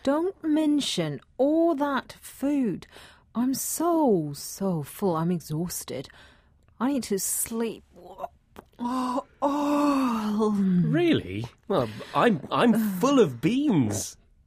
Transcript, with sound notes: Don't mention all that food! I'm so, so full. I'm exhausted. I need to sleep! (yawning)
Really? I'm full of beans!